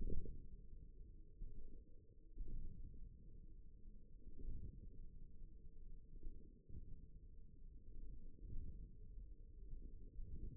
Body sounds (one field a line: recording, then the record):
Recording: forearm muscle sounds (acoustic myography)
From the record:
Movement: radial deviation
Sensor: system 1, eight BSWA MPA416 microphones around the upper forearm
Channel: 4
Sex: male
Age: 54 years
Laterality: right